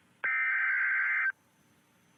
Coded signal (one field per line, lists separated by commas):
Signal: Emergency Alert System (SAME) tones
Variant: header bursts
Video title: Are EAS Scenarios Realistic JayFeather Edition